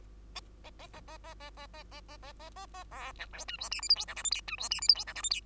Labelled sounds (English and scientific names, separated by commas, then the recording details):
Bengalese Finch (Lonchura striata domestica) song
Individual Bird2